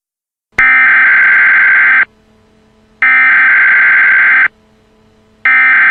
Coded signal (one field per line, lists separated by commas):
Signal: Emergency Alert System (SAME) tones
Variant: header bursts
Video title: EAS